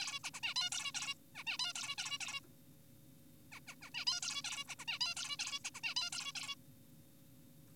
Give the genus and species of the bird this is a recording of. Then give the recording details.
Taeniopygia guttata. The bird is an adult. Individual g4p5U